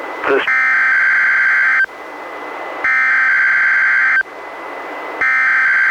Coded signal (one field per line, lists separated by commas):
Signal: Emergency Alert System (SAME) tones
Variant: header bursts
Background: speech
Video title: EAS #556: NWR Required Weekly Test- Sep. 29, 2021- 11:03AM PDT